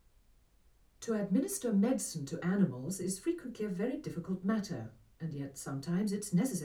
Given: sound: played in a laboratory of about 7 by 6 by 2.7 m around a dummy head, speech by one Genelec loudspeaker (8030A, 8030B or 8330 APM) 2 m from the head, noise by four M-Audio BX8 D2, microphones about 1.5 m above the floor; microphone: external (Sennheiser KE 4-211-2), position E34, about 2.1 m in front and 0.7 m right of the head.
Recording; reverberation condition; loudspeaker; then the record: female speech in English; low; behind (180 degrees)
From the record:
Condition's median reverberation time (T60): about 310 ms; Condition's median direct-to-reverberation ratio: about 3.5 dB